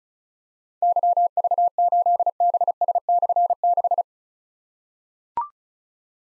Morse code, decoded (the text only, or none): YV8BS/6